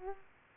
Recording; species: mosquito wingbeat signal from an infrared sensor; Aedes aegypti